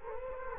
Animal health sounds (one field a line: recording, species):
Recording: mosquito wingbeat signal from an infrared sensor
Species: Culex quinquefasciatus